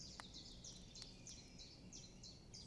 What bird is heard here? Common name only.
Common Chiffchaff